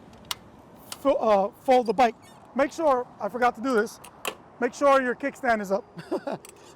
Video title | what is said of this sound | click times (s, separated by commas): AMP RIDES VOLT 750 STEP THRU ELECTRIC BIKE REVIEW | and it'll unlock you'll hear a little snap there and then you can just | 0.3 s